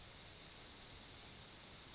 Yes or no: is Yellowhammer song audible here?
yes